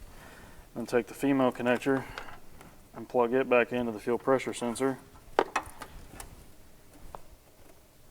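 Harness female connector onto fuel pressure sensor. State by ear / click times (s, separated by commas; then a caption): seated / 5.4 s. Someone talks while the female harness connector is plugged back into the fuel pressure sensor on a 2023 GMC/Chevy 3.0L LZ0 Duramax during an Ag Diesel Solutions 61900 install. A sharp, light click sounds at 5.4 s, followed by a few fainter ticks. The connector is seated on the sensor.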